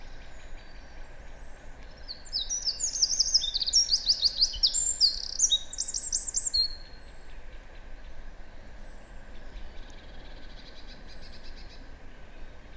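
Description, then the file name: Eurasian wren song: a brief high note, then a vigorous five-second stream of rapid piercing trills, followed by faint trilling and steady hiss. "Troglodytes troglodytes"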